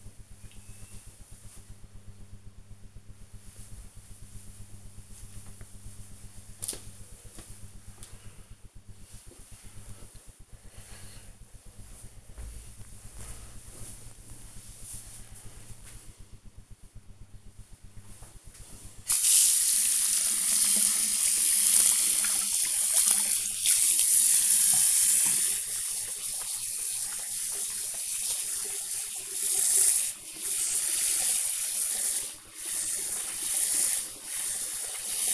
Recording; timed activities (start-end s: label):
household activities, microphone on the right wrist
18.18-35.34 s: washing hands